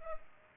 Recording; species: mosquito wingbeat signal from an infrared sensor; Culex pipiens